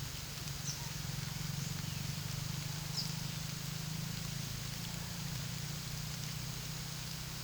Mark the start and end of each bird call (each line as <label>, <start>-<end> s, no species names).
bird call, 0.61-0.81 s
bird call, 1.69-2.09 s
bird call, 2.93-3.17 s